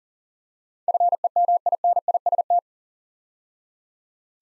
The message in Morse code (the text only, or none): FEMINIST